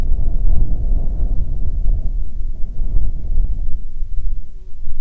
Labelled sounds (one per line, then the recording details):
wind
insects
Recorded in the Prudhoe Bay oil fields, Alaska, on 10 July 2019 at 14:14
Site 14